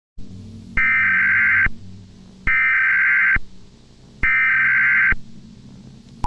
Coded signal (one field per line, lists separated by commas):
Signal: Emergency Alert System (SAME) tones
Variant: header bursts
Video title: EAS Scenario - Unidentified creature (Analog Horror)